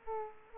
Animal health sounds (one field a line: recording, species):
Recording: mosquito wingbeat signal from an infrared sensor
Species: Aedes aegypti